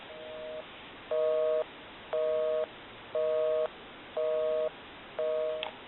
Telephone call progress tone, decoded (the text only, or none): busy tone